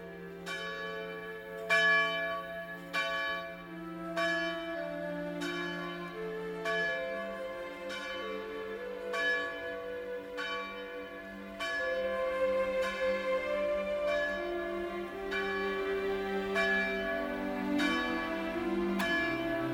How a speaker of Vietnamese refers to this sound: Cả đêm trăn trở không ngủ được, mới hơn 4 giờ sáng, cha đã ra nhà thờ lần hạt, chờ hồi chuông giáo đường đổ lần thứ nhất, đánh thức dân chúng dậy đi lễ.